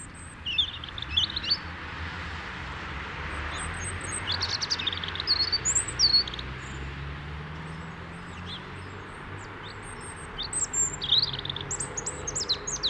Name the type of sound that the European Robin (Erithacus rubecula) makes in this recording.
song